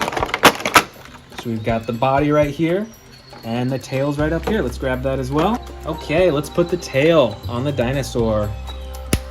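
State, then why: Seated. A plastic tail is pushed onto the body of a Baryonyx action figure, a toy dinosaur. Someone talks over background music, with sharp plastic handling clicks at the start. The tail clicks into place at 9.1 seconds and is seated.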